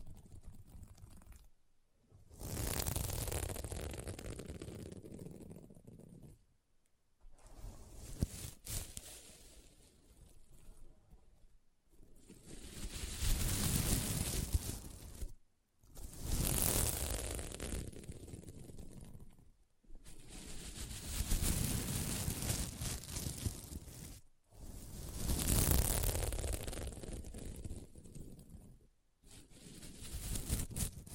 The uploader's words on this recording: ASMR Satisfying SequinMermaid Pillow Scratching Sounds (No Talking).